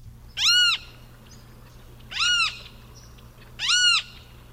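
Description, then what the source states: Great Kiskadee giving three loud, harsh, arched notes spaced well apart, with faint soft notes between and a low steady hum. Very vocal flycatcher, formerly called Derby flycatcher; its name is a mnemonic for what its call sounds like the bird is saying.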